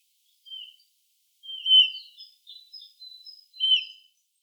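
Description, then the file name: Eurasian bullfinch calling with a few soft, piping notes and quieter twittering fragments in between, over a silent background. "Pyrrhula pyrrhula"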